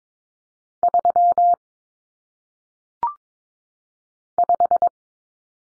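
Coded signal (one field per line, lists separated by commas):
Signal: Morse code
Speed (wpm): 22 wpm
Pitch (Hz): 700 Hz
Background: none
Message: 3 5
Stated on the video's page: Morse drill of common single-digit cut numbers at 22 wpm, with T, A, N for 0, 1, 9; each sent twice for head-copy.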